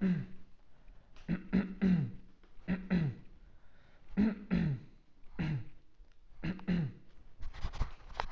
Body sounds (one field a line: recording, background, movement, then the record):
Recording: throat clearing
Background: quiet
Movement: sitting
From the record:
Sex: male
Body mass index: 20.5 kg/m2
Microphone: on the chest, facing outward